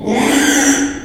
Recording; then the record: squeal of a Yucatan mini pig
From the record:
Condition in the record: after surgery on the right vocal fold (resection and tissue-engineered implant); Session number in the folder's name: 3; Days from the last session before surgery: 33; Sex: male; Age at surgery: 12 weeks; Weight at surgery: 13 kg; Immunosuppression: cyclosporine, prednisolone